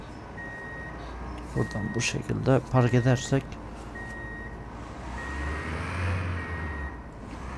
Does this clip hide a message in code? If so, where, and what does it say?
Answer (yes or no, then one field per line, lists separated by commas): no